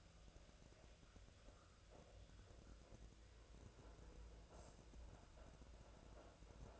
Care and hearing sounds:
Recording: daily activity, microphone in the room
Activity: make coffee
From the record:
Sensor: 2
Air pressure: 1009.3 hPa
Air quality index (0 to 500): 187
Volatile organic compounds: 11 ppm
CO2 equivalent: 2322 ppm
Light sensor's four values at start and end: 24/59/25/27 and 24/59/25/27

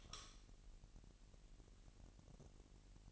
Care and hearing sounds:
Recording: daily activity, microphone in the room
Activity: light on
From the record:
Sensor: 4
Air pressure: 1002.7 hPa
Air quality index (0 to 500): 249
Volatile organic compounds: 15 ppm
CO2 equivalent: 2514 ppm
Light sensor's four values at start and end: 6/14/5/6 and 7/16/6/7

